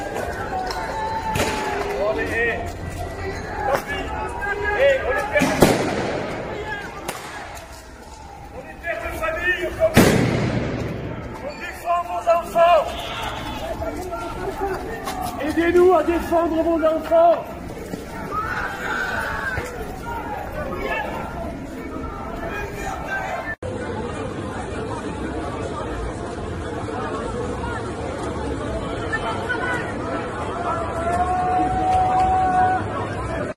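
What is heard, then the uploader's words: French protesters fill a busy street with overlapping voices and chatter. Two sharp bangs ring out around five and ten seconds, and after an abrupt cut midway the crowd noise turns steadier, with a brief whistle near the end. Incredible Scenes - French Protesters Today In Paris France.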